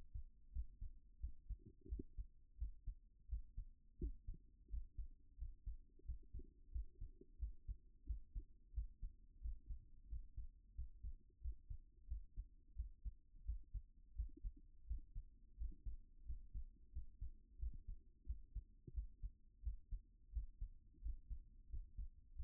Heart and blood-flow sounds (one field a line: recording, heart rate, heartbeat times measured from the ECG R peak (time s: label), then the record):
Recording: heart sounds by stethoscope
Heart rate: 89 bpm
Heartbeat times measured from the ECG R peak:
0.51 s: heartbeat
1.19 s: heartbeat
1.87 s: heartbeat
2.56 s: heartbeat
3.27 s: heartbeat
3.97 s: heartbeat
4.68 s: heartbeat
5.36 s: heartbeat
6.03 s: heartbeat
6.70 s: heartbeat
7.37 s: heartbeat
8.04 s: heartbeat
8.72 s: heartbeat
9.39 s: heartbeat
10.07 s: heartbeat
10.73 s: heartbeat
11.39 s: heartbeat
12.06 s: heartbeat
12.74 s: heartbeat
13.43 s: heartbeat
14.14 s: heartbeat
14.85 s: heartbeat
15.56 s: heartbeat
16.24 s: heartbeat
16.91 s: heartbeat
17.57 s: heartbeat
18.24 s: heartbeat
18.92 s: heartbeat
19.61 s: heartbeat
20.31 s: heartbeat
21.00 s: heartbeat
21.68 s: heartbeat
22.34 s: heartbeat
From the record:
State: at rest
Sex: male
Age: 40 years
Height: 190 cm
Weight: 114 kg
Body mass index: 31.58